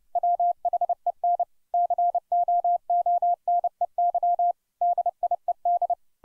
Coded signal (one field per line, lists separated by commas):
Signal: Morse code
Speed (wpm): 30 wpm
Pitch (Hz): 700 Hz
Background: none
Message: WHEN COONEY DIED